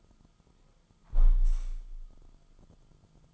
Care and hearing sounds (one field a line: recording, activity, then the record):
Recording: daily activity, microphone in the room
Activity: close window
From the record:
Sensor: 5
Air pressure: 1004.8 hPa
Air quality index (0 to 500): 83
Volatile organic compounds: 2 ppm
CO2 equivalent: 1001 ppm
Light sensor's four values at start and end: 34/79/32/31 and 34/79/32/31